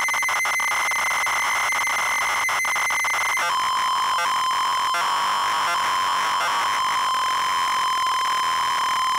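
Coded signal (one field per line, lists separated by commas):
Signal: ZX Spectrum tape loading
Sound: harsh rasping data screech, then a steady buzzy lead tone broken by short rasps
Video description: Loading of game Underwurlde on real ZX spectrum +2 with RGB link.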